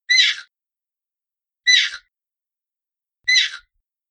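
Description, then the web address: Hyrax hoarse shrieks, three single rough bursts evenly spaced about one and a half seconds apart. "aswat Wabbar"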